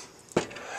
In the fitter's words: push that bad boy down till it snaps in place